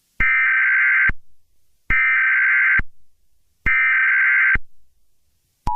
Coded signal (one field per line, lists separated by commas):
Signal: Emergency Alert System (SAME) tones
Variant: header bursts